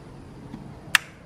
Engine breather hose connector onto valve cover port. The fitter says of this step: you'll hear it snap in